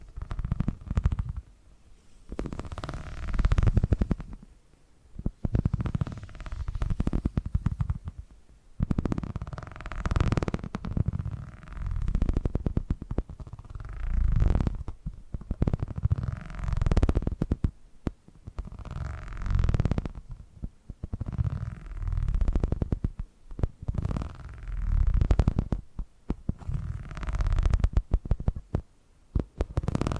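Purring comes in rough, low rumbling bursts, each lasting a second or two with brief quiet gaps between them, repeating steadily across the half minute. The rumble is deep and grainy, with a faint hiss riding on top of each swell.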